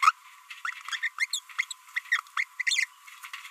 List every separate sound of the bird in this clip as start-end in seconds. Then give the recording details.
0.01-0.11, 1.18-1.26, 1.33-1.39, 1.58-1.64, 1.96-2.00, 2.37-2.44, 2.60-2.62, 2.67-2.85. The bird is a female. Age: 28 days. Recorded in a nest box in Venezuela. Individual 17B42B2